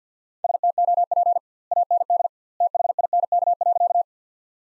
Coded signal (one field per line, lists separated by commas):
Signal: Morse code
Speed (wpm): 50 wpm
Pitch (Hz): 700 Hz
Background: none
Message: STOP AND THINK.